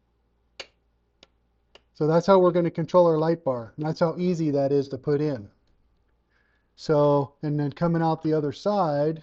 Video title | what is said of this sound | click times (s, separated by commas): Light up the night! UTV Light bar install and demo. | And that just snaps into place. | 0.6 s